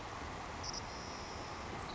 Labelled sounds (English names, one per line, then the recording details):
Savannah Sparrow
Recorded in Sonoma County, California